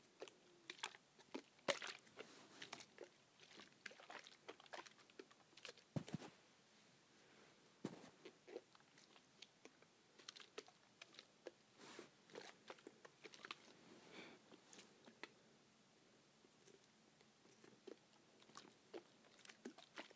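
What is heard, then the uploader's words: A hair spray bottle being shaken, heard as a stream of quick, crisp clicks and rattles spread irregularly across the whole stretch. A few sharper, louder knocks stand out near the 2, 6 and 8 second marks, with a thin hiss between hits. ASMR Shaking Hair Spray Bottle.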